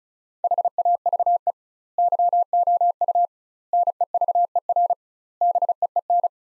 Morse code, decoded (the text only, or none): HAVE YOU NEVER BEEN